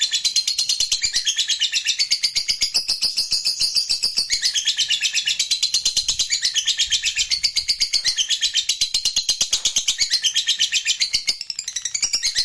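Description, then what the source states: Lovebird in continuous high-pitched chattering song, rapid buzzy twitters without a pause throughout. Fighter-type lovebird singing energetically (gacor).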